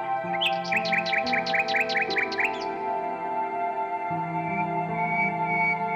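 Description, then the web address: Common nightingale delivering a clear run of about ten repeated rising notes, then soft whistles, with steady low drone chords throughout. "Circlesandlines recordings. h wialenove - nightingale song"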